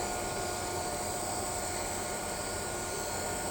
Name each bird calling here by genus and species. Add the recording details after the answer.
none. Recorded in shrubland near Pivijay, Magdalena, Colombia, on 16 April 2023 at 21:30. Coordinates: 10.453, -74.365. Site P5-G022